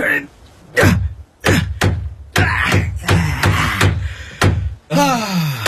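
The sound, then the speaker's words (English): Hammering: about nine loud, heavy blows landing roughly twice a second in a steady run, followed at the end by a wavering vocal cry. “Give me a hammer”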